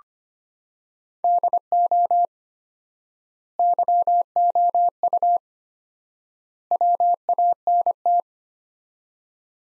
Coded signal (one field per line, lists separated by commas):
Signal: Morse code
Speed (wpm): 25 wpm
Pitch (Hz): 700 Hz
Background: none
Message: DO YOU WANT